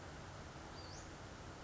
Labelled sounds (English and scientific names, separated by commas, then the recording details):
Western Flycatcher (Empidonax difficilis)
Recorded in Sonoma County, California